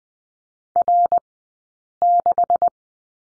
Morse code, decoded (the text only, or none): R6